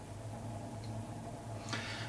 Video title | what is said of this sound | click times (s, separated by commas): Ulefone Armor 6 - first impressions after 1 week of use | locks in place with a nice action makes the film nice and waterproof | 1.7 s